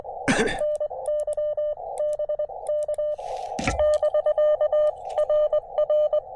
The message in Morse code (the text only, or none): NY BK <BK> RR